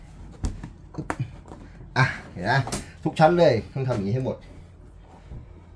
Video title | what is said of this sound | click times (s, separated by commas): ชั้นวางรองเท้า ยืดหดได้ - รีวิวของเจ๋งๆ | อ่าล็อคอย่างงี้โอเคเห็นครับไตัวนี้อึบ | 0.4 s, 0.6 s